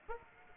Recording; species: mosquito wingbeat signal from an infrared sensor; Aedes aegypti